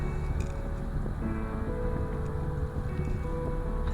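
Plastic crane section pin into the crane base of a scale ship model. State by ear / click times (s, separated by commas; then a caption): not seated / none. A pin on the back of a plastic crane section is being pressed toward its socket in the crane base of an AGORA Models 1/200 scale R.M.S. Titanic model. Steady low hum and soft handling rustle continue throughout, with a brief faint tick right at the end near 3.9 s. The part has not seated or clicked into place yet.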